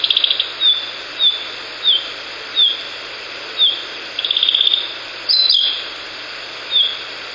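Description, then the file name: Narcissus flycatcher repeating thin, downslurred call notes about every half second to second, with dry buzzy rattles at the start and midway and a brief higher note late on. Call notes (ground calls), 2 May 2014. "キビタキ地鳴 遠藤"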